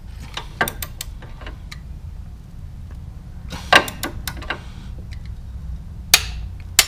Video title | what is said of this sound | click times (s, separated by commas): How to Install a Shift Lever on a Harley Davidson Street Glide | there it is heard it click that's uh 24 lb | 6.1 s, 6.8 s